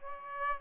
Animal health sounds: mosquito wingbeat signal from an infrared sensor; Aedes albopictus

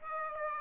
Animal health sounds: mosquito wingbeat signal from an infrared sensor; Aedes aegypti

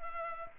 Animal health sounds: mosquito wingbeat signal from an infrared sensor; Culex pipiens

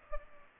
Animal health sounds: mosquito wingbeat signal from an infrared sensor; Culex pipiens

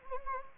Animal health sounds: mosquito wingbeat signal from an infrared sensor; Anopheles gambiae

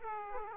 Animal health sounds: mosquito wingbeat signal from an infrared sensor; Aedes aegypti

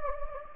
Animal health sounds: mosquito wingbeat signal from an infrared sensor; Anopheles gambiae

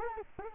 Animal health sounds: mosquito wingbeat signal from an infrared sensor; Culex quinquefasciatus

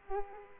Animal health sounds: mosquito wingbeat signal from an infrared sensor; Culex quinquefasciatus

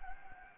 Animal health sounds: mosquito wingbeat signal from an infrared sensor; Anopheles gambiae

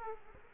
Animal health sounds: mosquito wingbeat signal from an infrared sensor; Aedes aegypti

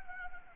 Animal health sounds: mosquito wingbeat signal from an infrared sensor; Anopheles arabiensis

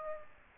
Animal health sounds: mosquito wingbeat signal from an infrared sensor; Aedes aegypti

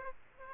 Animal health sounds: mosquito wingbeat signal from an infrared sensor; Aedes aegypti

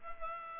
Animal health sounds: mosquito wingbeat signal from an infrared sensor; Culex pipiens

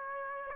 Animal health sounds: mosquito wingbeat signal from an infrared sensor; Aedes aegypti

